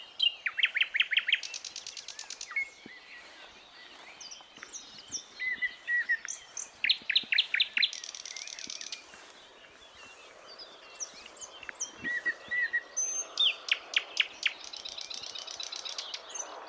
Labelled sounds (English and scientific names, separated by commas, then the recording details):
Thrush Nightingale (Luscinia luscinia) song
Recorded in the wild
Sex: male
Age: adult
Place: Zagórów, Nadwarcianski Park Krajobrazowy, Greater Poland Voivodeship, PL
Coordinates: 52.1803, 17.9094
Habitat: deciduous forest edge
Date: 2017-05-25 08:40
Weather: heavy cloud, light breeze
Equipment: Marantz PMD660 recorder, Sennheiser ME67 directional microphone
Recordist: Souriau, Abel
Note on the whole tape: Gesang eines Sprosser (spontan), Aufnahme verwendet in: Souriau, A., Reifová, R., Petrusek, A. et al. No evidence for a role of trills in male response to territorial intrusion in a complex singer, the Thrush Nightingale. J Ornithol 162, 865–878 (2021). https://doi.org/10.1007/s10336-021-01879-9